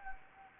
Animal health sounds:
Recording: mosquito wingbeat signal from an infrared sensor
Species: Anopheles gambiae

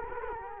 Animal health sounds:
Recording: mosquito wingbeat signal from an infrared sensor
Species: Culex quinquefasciatus

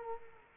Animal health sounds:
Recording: mosquito wingbeat signal from an infrared sensor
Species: Culex quinquefasciatus

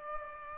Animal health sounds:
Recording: mosquito wingbeat signal from an infrared sensor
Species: Aedes aegypti

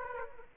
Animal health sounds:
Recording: mosquito wingbeat signal from an infrared sensor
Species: Aedes aegypti

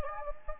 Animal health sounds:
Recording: mosquito wingbeat signal from an infrared sensor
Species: Anopheles gambiae

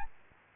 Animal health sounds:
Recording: mosquito wingbeat signal from an infrared sensor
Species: Aedes albopictus

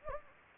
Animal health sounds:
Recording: mosquito wingbeat signal from an infrared sensor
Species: Anopheles gambiae

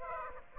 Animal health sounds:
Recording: mosquito wingbeat signal from an infrared sensor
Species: Aedes aegypti

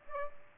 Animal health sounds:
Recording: mosquito wingbeat signal from an infrared sensor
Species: Aedes aegypti

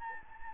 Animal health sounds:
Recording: mosquito wingbeat signal from an infrared sensor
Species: Anopheles gambiae

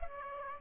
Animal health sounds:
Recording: mosquito wingbeat signal from an infrared sensor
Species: Aedes aegypti

